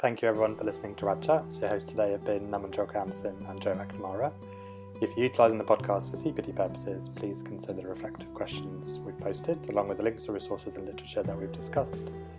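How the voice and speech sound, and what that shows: One adult man speaks fluently at an even, brisk pace in a low-pitched, clear voice, with steady background music underneath. Voice quality and articulation are ordinary, with no hoarseness, strain or breaks.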